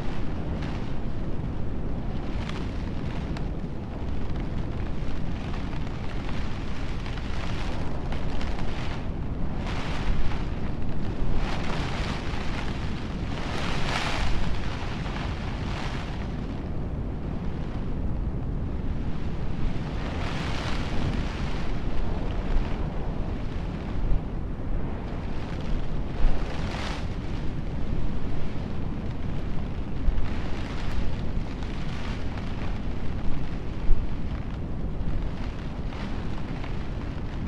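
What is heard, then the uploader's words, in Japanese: Rain drums steadily against a camper window during a stormy night, with a deep rumbling roar underneath like distant surf. The low roar stays constant while brighter gusts and heavier spatters swell every few seconds, peaking around fourteen and twenty seconds. 嵐の夜、快適なキャンピングカーで。静かな港辺に駐車したキャンピングカーの中で。窓を叩く雨のリズム、遠くで響く海の音、そして風が運ぶ開放感。3Dバイノーラル録音。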